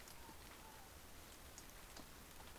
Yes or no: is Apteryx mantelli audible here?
no